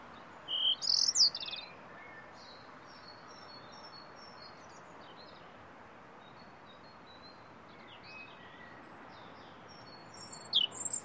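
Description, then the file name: European robin giving short high sparkling song bursts at the start and end, with soft faint twitters and a steady low hiss of background noise between them. "Erithacus rubecula"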